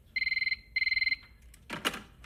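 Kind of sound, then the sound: signal or alarm, telephone ringing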